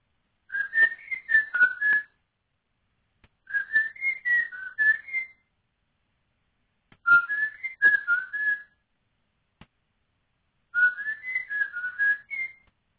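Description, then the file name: Bird giving four short whistled phrases of several fluty notes that rise and fall, each phrase lasting over a second, separated by pauses. Unidentified mystery bird, sent in as a question in 2019. "mystisk fugl"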